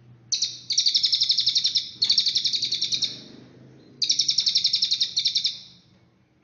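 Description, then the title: Cililin bird singing high, fast chattering trills in several bursts, each steady and slightly fading at the end, with a soft low hum beneath. "Burung Cililin"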